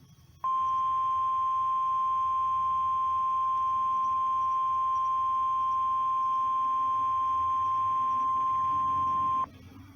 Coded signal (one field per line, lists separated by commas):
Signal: Emergency Alert System (SAME) tones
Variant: 1050 Hz attention tone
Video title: Audio Tests! EAS #14-15 June 2nd, 2021